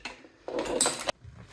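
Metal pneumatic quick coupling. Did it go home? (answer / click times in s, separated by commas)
released / 0.8 s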